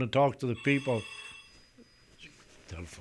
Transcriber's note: a telephone rings